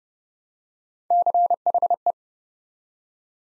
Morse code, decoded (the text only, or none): CHE